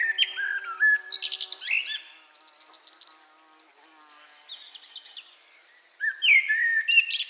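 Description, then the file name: Common blackbird song: mellow fluted phrases ending in thin, high twittering trills, repeated in several short bursts with brief pauses between them. "Turdus merula"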